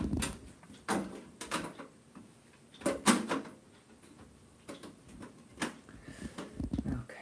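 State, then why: Not seated. A metal I/O shield is pushed into the rear opening of a PC case, producing a series of scraping, rattling metallic knocks with louder bursts around 0.9 s, 3.0 s and 5.6 s. The shield fails to pop into place, and nothing has seated or clicked yet. Someone talks.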